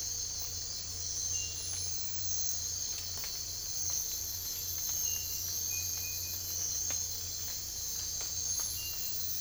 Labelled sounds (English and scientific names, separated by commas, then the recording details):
none
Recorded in secondary vegetation near Puerto Asís, Putumayo, Colombia, on 22 December 2024 at 04:30
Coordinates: 0.484, -76.319
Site GP06